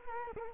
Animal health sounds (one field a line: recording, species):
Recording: mosquito wingbeat signal from an infrared sensor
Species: Culex quinquefasciatus